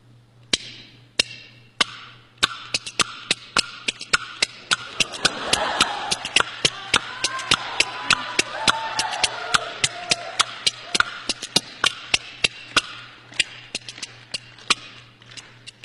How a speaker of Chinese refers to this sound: 哎，光打板不行， 对， 得唱两句， 主要得听唱 啊。